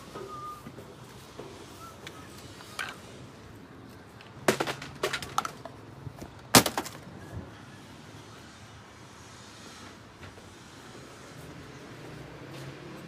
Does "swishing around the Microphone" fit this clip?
no